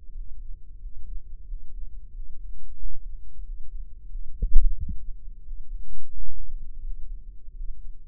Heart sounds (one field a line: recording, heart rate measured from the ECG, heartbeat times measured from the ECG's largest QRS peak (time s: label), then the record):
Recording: heart sounds by microphone in the right ear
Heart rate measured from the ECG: 89 bpm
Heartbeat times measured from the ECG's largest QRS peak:
0.11 s: heartbeat
0.77 s: heartbeat
1.43 s: heartbeat
2.10 s: heartbeat
2.76 s: heartbeat
3.41 s: heartbeat
4.07 s: heartbeat
4.73 s: heartbeat
5.41 s: heartbeat
6.10 s: heartbeat
6.80 s: heartbeat
7.52 s: heartbeat
From the record:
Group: healthy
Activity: breath hold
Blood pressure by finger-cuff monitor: 99/67 mmHg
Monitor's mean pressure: 74 mmHg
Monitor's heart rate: 90 bpm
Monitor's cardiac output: 7.7 L/min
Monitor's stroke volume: 85 mL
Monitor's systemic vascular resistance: 650 dyn s/cm5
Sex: male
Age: 23 years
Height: 178 cm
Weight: 96.6 kg